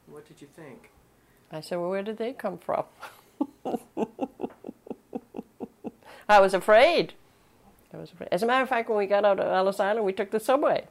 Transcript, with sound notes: What did you think?
I said, "Well, where do they come from?" [Laughs] I was afraid. I was afraid. As a matter of fact, when we got out of Ellis Island, we took the subway